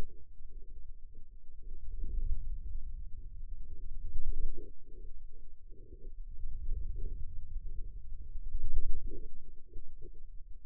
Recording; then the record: forearm muscle sounds (acoustic myography)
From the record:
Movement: wrist extension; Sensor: system 2, bracelet of six BSWA MPA416 microphones around the upper forearm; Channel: 2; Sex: male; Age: 22 years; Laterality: right